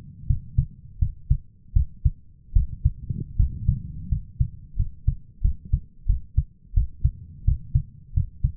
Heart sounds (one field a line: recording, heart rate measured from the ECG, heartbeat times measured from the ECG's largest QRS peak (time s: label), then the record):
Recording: heart sounds by stethoscope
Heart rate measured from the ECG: 84 bpm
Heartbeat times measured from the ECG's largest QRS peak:
0.27 s: heartbeat
0.99 s: heartbeat
1.73 s: heartbeat
2.53 s: heartbeat
3.36 s: heartbeat
4.09 s: heartbeat
4.76 s: heartbeat
5.41 s: heartbeat
6.06 s: heartbeat
6.74 s: heartbeat
7.45 s: heartbeat
8.14 s: heartbeat
From the record:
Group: healthy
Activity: rest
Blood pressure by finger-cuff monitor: 146/104 mmHg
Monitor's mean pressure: 117 mmHg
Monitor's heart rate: 82 bpm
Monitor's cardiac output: 6.9 L/min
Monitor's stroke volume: 84 mL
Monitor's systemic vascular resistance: 1270 dyn s/cm5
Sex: male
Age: 23 years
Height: 179 cm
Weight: 87 kg